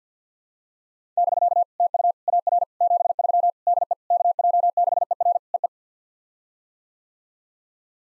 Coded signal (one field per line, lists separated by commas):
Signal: Morse code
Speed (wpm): 48 wpm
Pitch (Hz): 700 Hz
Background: none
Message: <BK> TU AR 73 DE KJ6ER EE